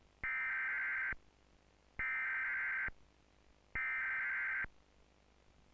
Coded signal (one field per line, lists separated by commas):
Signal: Emergency Alert System (SAME) tones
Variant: header bursts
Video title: EAS Weekly Test Mistake - 10/20/2015